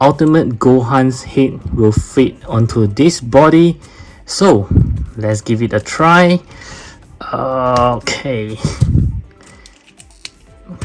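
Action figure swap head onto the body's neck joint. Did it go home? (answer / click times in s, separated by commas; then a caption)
yes / 10.2 s. Someone talks, then an Ultimate Gohan swap head is pushed onto the neck ball joint of a plastic Mafex action figure body, with a few light plastic taps from about 9.0 s. A sharp click at 10.3 s shows the head has seated, though the fit is very loose.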